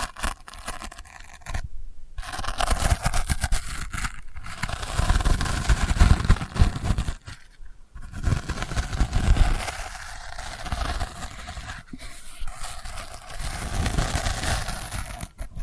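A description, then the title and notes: Delicate scratching runs in dense, crackly bursts with a soft low rumble, pausing briefly around two, eight and twelve seconds. ASMR Delicate Scratching for Sleep (No Talking).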